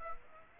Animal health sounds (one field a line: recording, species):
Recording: mosquito wingbeat signal from an infrared sensor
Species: Aedes aegypti